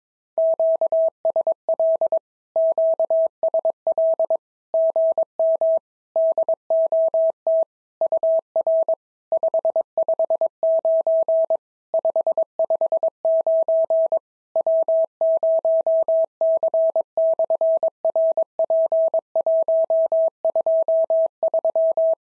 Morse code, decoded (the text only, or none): QSL QSL GM DOT UR 559 559 W0C/RP123